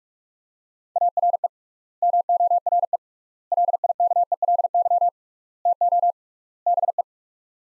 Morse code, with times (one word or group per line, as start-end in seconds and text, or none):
1.0-1.5 ARE
2.0-3.0 MORE
3.5-5.1 LIKELY
5.7-6.1 TO
6.7-7.0 BE